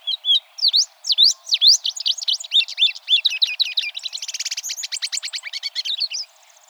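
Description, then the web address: Tropeiro seedeater song: a rapid run of sharp, sweeping V-shaped whistles that speeds into a dense buzzy trill before ending, lasting about six seconds. "sound Tropeiro-seedeater. صدای-پرنده-دانه-خوار-تروپیرو"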